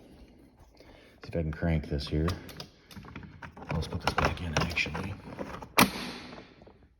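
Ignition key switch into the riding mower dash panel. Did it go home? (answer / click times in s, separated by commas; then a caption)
yes / 5.8 s. The ignition key switch of a Cub Cadet riding mower is pushed back into its opening in the dash panel while someone talks. It snaps into place with a sharp click at 5.8 seconds.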